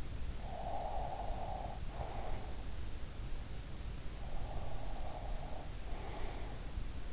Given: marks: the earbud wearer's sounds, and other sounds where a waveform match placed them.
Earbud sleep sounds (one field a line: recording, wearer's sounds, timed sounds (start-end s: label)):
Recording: sounds in sleep by an in-ear microphone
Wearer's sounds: breath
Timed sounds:
0.40-2.97 s: breath
4.09-7.13 s: breath